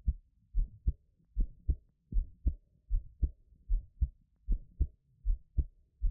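Regular paired lub-dub thumps at about 77 beats a minute: a normal adult heartbeat, heard close up.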